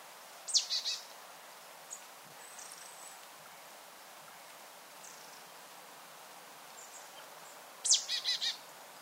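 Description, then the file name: Marsh tit giving two call phrases, each a sharp high note followed by a few buzzy, nasal notes, separated by about seven seconds of soft background hiss. "Poecile palustris"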